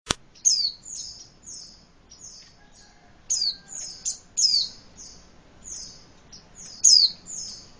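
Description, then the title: White-eye: a sharp click, then high, sibilant chirps in quick series with a few brighter downslurred accents and a quieter spell between. "Pleci"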